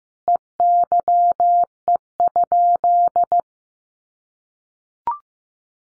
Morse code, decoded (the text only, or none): EYE?